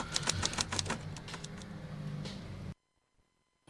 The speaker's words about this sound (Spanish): Pero, ¿quién anda con la máquina de escribir aquí, o qué?